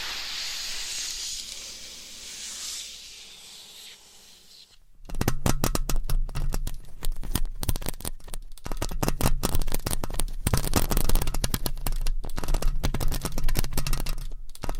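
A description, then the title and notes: Fingernails scratch a microphone under a cover. For the first five seconds there is a soft, airy rubbing hiss that fades lower. Then dense, rapid, crackling scratches take over with a low hum beneath, growing slightly louder after about eight seconds and continuing to the end. ASMR with 60 MICS!Different Mic Covers & Nails Mic Scratching , Massage & More No Talking.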